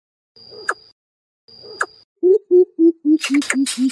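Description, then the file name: Greater coucal hooting calls, two soft clicking notes followed by a quick string of low hoots, with a burst of rasping noise near the end. Chick calling its mother. "Tieng bim bip non keu goi me"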